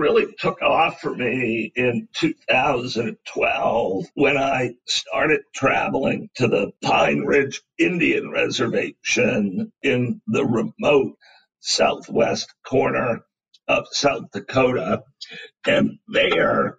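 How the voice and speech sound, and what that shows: Adult male speaking with spasmodic dysphonia, a rare neurological voice disorder, acquired in 2010 and since considerably recovered.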